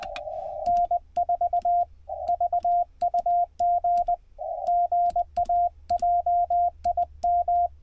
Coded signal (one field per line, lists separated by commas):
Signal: Morse code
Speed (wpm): 20 wpm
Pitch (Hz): 690 Hz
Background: radio noise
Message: N4VUG GA JIM